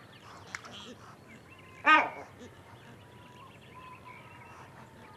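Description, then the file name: Great Black-backed Gull giving one short, harsh call with rich harmonics, otherwise only quiet background noise. Recorded close up. "Digiffects Sound Effects Library - Close Great Black Backed Gull"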